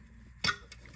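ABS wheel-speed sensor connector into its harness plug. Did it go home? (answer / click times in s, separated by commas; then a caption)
yes / 0.5 s. A 1991–1999 Buick LeSabre's ABS wheel-speed sensor electrical connector is plugged back into its plastic mating harness plug on the strut assembly. A sharp, bright click is heard at 0.5 s, followed by a couple of faint ticks. The connector clicks into place and is locked on.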